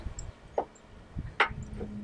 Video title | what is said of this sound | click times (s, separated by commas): Setup and Break Down Checklists (FREE DOWNLOADS) Full Time RV | now bring it back to you so it locks in place | 1.4 s